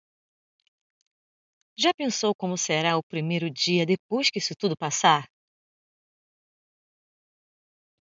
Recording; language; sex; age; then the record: spoken sentence; Brazilian Portuguese; female; 40 to 49 years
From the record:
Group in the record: control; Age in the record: 48 years